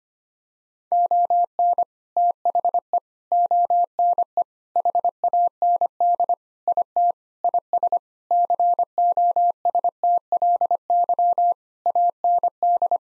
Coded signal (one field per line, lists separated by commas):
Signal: Morse code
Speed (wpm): 25 wpm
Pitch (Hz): 700 Hz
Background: none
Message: ON THE ONE HAND IT IS COSTLY AND